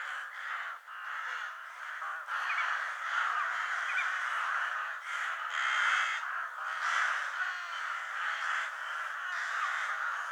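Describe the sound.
Crow or raven flock giving dense, hoarse caws that overlap and swell, with short pauses between louder bursts.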